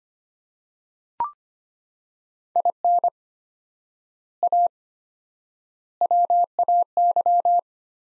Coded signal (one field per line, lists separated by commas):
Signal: Morse code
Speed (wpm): 25 wpm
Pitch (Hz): 700 Hz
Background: none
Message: IN A WAY